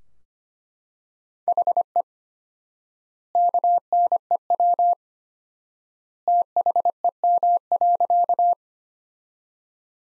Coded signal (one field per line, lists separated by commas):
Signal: Morse code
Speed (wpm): 25 wpm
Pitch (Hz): 700 Hz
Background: none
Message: HE KNEW THEM.